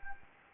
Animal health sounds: mosquito wingbeat signal from an infrared sensor; Anopheles gambiae

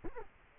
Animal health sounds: mosquito wingbeat signal from an infrared sensor; Culex quinquefasciatus

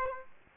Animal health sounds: mosquito wingbeat signal from an infrared sensor; Aedes aegypti

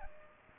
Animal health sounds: mosquito wingbeat signal from an infrared sensor; Aedes aegypti

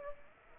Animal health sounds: mosquito wingbeat signal from an infrared sensor; Culex pipiens

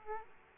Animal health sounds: mosquito wingbeat signal from an infrared sensor; Aedes aegypti

